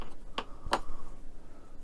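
After a first failed try, a small plastic dummy nut is pushed into the cylinder head of a scale model YZR M1 motorcycle engine from a De Agostini build. Two short, sharp clicks are heard at 0.4 s and 0.7 s as it goes in. The nut seats, completing all four dummy nuts in place.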